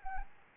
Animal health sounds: mosquito wingbeat signal from an infrared sensor; Anopheles gambiae

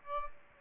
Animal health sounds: mosquito wingbeat signal from an infrared sensor; Aedes aegypti

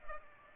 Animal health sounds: mosquito wingbeat signal from an infrared sensor; Culex pipiens

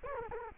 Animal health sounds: mosquito wingbeat signal from an infrared sensor; Culex quinquefasciatus

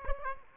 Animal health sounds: mosquito wingbeat signal from an infrared sensor; Aedes aegypti

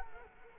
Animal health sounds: mosquito wingbeat signal from an infrared sensor; Culex quinquefasciatus

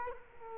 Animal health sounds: mosquito wingbeat signal from an infrared sensor; Culex quinquefasciatus

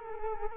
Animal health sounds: mosquito wingbeat signal from an infrared sensor; Culex quinquefasciatus

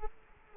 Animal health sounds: mosquito wingbeat signal from an infrared sensor; Culex quinquefasciatus

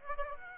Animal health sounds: mosquito wingbeat signal from an infrared sensor; Aedes aegypti

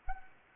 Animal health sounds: mosquito wingbeat signal from an infrared sensor; Anopheles gambiae

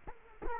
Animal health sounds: mosquito wingbeat signal from an infrared sensor; Culex quinquefasciatus

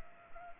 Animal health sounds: mosquito wingbeat signal from an infrared sensor; Culex pipiens

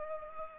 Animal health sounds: mosquito wingbeat signal from an infrared sensor; Culex pipiens

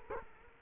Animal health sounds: mosquito wingbeat signal from an infrared sensor; Culex quinquefasciatus

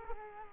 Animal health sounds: mosquito wingbeat signal from an infrared sensor; Culex quinquefasciatus

